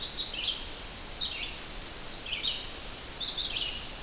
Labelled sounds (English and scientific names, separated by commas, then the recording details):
Red-eyed Vireo (Vireo olivaceus) song
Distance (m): 20 m
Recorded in boreal forest in Alberta, Canada, on 12 June 2016 at 05:45
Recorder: SongMeter 3, array SBT-3-18
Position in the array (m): 233 m, 103 m